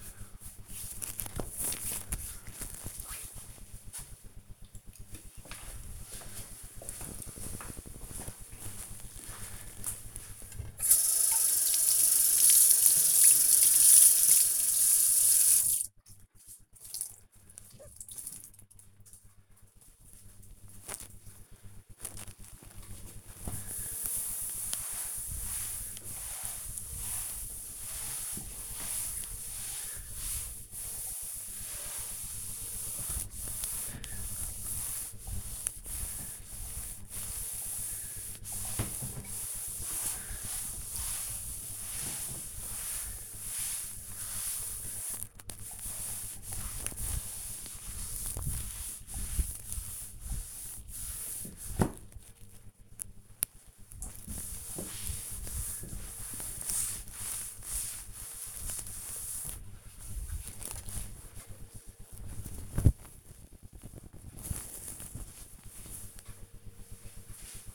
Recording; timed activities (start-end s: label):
household activities, microphone on the right wrist
22.40 s: note: voice
24.42-60.66 s: cleaning table